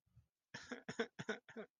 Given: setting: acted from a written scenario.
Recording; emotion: vocal sound without words; sadness